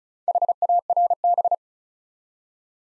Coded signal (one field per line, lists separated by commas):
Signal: Morse code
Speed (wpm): 36 wpm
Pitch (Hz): 700 Hz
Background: none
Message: HARB